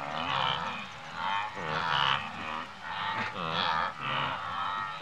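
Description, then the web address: Wildebeest calling together, a dense chorus of moaning, nasal grunts blending into each other. Several wildebeest grazing in Africa. "BBC Sound Effects Library. Africa. Wildebeest"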